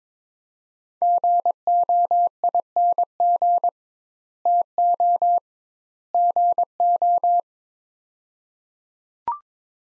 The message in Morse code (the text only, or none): GOING TO GO